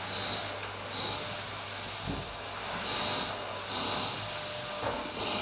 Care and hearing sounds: daily activity, microphone in the room; vacuum cleaning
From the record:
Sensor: 2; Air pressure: 991.7 hPa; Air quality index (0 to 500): 203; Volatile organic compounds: 1000 ppm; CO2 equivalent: 6707 ppm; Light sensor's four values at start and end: 25/81/31/29 and 25/81/31/29

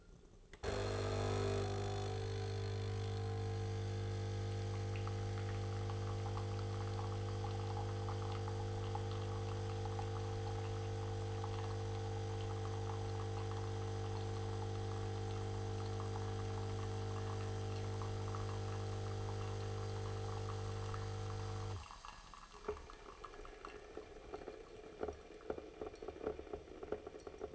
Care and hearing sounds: daily activity, microphone in the room; make coffee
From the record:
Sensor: 4

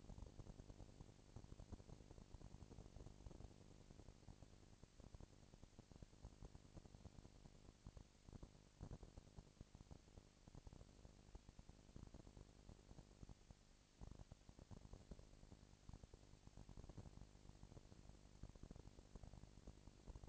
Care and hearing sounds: daily activity, microphone in the room; no activity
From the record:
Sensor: 5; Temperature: 19.8 degrees Celsius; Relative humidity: 36.7%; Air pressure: 997.2 hPa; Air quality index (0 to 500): 168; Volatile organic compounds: 14 ppm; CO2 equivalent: 2436 ppm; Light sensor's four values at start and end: 2/3/1/1 and 2/3/1/1

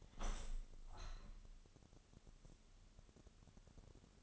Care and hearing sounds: daily activity, microphone in the room; open window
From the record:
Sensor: 4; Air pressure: 1001.2 hPa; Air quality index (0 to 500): 176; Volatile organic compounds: 2 ppm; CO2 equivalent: 1257 ppm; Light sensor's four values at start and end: 12/27/11/12 and 12/28/11/12

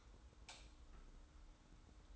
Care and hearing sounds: daily activity, microphone in the room; light off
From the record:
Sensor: 3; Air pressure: 991.0 hPa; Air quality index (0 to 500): 114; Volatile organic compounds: 67 ppm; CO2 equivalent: 3491 ppm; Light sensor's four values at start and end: 39/94/38/35 and 36/85/34/32

